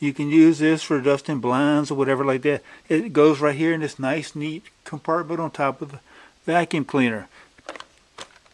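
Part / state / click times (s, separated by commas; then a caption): vacuum brush attachment into storage compartment on vacuum body / seated / 7.7 s. Someone talks about a plastic dusting brush tool for a Dyson vacuum cleaner that is used for dusting blinds, and then pushes it into its storage compartment on top of the vacuum. A short cluster of sharp plastic clicks follows, and the main snap comes at 7.7 s as the tool seats securely in place.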